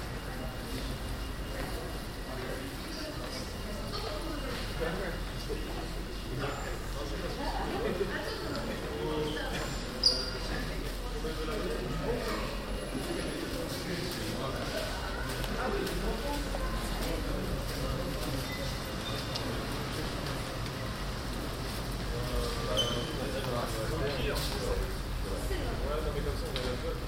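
Pedestrians and cyclists pass through a busy city passageway, with a dense, steady murmur of overlapping voices and footsteps throughout. A low rumble underlies the scene, and a single sharp click stands out around the ten-second mark.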